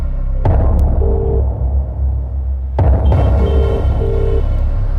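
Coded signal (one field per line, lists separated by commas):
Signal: telephone call progress tone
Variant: UK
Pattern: ringback tone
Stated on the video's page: Call progress tone from a Tamil-dubbed crime thriller film.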